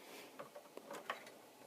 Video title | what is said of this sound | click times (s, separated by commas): Upgrading Ram in the Dell Optiplex 360 | press down evenly with two fingers or try to until they click in and then that's installed | 1.1 s